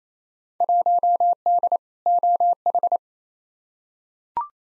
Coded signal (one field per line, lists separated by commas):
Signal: Morse code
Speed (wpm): 28 wpm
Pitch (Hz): 700 Hz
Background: none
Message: 1D OH